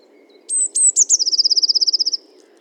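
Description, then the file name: Eurasian blue tit song with two drawn-out high whistles, then a few sharp notes running into a rapid trill. Recorded 31 October 2018. "Cyanistes caeruleus 311018"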